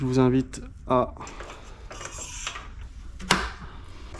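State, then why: Seated. A plastic headset part is pressed into a carbon road bike frame while the headset is being fitted, and someone talks. A sharp, short click at 3.3 s marks the part clipping into place, seated so it won't move.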